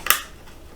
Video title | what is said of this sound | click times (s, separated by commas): Building An SFF PC: NR200/5600X/5700XT | it takes quite a bit of force, but you just click it in until you hear the click on each side. So that one's good. | 0.1 s